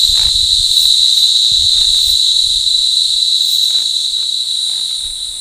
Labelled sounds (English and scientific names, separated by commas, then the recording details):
none
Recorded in forest near Pivijay, Magdalena, Colombia, on 17 April 2023 at 09:00
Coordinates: 10.467, -74.380
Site Z5-G034